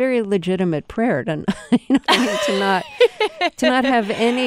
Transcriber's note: laughter